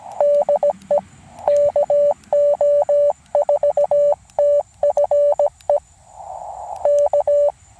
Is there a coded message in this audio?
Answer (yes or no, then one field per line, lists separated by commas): yes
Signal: Morse code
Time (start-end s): 0.2-7.5 s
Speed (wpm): 17 wpm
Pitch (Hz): 580 Hz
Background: none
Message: DE KO4TFE K